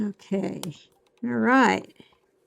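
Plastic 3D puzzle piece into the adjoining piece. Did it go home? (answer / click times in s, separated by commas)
no / none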